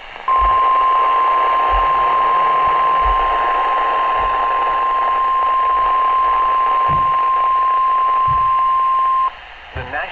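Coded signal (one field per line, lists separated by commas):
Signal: Emergency Alert System (SAME) tones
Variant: 1050 Hz attention tone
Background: speech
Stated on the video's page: NOAA Weather Radio severe weather alerts.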